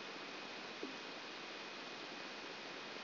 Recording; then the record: brain microelectrode recording played as sound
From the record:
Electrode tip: outside the subthalamic nucleus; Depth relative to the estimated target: -4 mm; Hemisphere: left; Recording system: AlphaMap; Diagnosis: Parkinson's disease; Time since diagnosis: 19 years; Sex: male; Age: 59 years